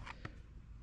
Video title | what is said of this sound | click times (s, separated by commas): 500hp LS 6.0L Engine Build Part 4 - AFM DoD Hardware Delete - Save Your Holden Commodore LS Engine | That just pops out like that. | 0.2 s